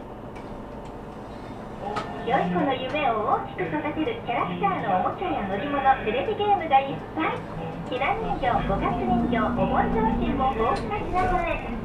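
A ride on a Saihi bus from the Yumiharidake Observatory toward Sasebo Station. After about two seconds of low engine hum, a voice talks steadily over the rumble, and the engine drone deepens and grows louder from around eight seconds.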